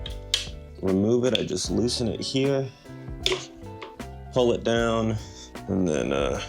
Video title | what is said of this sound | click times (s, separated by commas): How Good is a $200 Amazon Electric Scooter!?!! | Fold it up. It just clicks into place. | 0.3 s